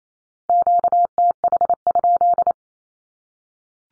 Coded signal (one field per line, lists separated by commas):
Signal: Morse code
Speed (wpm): 28 wpm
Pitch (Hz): 700 Hz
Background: none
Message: QTH?